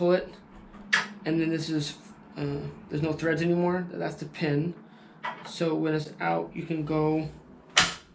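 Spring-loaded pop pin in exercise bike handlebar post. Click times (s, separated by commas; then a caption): 7.8 s. Someone talks while pulling out the spring-loaded pop pin on an exercise bike's metal handlebar post and raising the post. At 7.8 s the pin snaps into the lock hole with a sharp, loud click, and the handlebar post locks into place.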